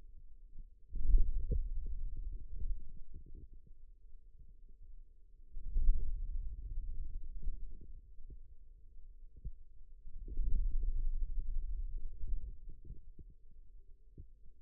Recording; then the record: forearm muscle sounds (acoustic myography)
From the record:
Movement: hand closing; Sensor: system 2, bracelet of six BSWA MPA416 microphones around the upper forearm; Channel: 4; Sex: male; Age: 22 years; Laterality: right